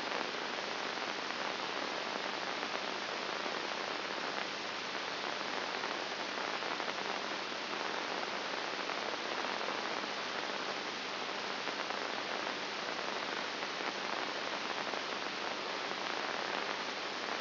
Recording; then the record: brain microelectrode recording played as sound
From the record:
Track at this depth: inside the subthalamic nucleus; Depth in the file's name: 1.901 mm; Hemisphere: right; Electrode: 2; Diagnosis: Parkinson's disease